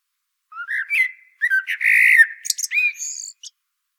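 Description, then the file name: Common blackbird singing a mellow rising fluted phrase, a rich warbled middle and thin high twittering flourishes at the end. "Turdus merula"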